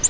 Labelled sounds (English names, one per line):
Virginia's Warbler flight call